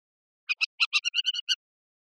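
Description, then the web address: Capped wheatear calls: a quick burst of about nine harsh, chattering notes in about a second, dry and scratchy, with no other sounds around them. "Capped wheatear. صدای-پرنده-چکچک-کلاهدار"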